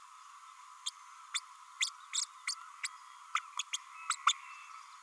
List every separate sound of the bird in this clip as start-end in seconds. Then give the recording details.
0.86-0.90, 1.34-1.40, 1.80-1.90, 2.13-2.24, 2.47-2.54, 2.83-2.87, 3.35-3.40, 3.59-3.62, 3.73-3.76, 4.10-4.15, 4.26-4.32. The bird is a female. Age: 30 days. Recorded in a nest box in Venezuela. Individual 17B32A5